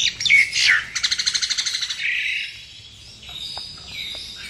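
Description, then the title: Nias hill myna song opening with a loud whistle, then a fast run of repeated clipped notes and a fading drawn-out whistle. Masteran recording, used as training audio for songbirds. "Masteran Burung Jalak Nias"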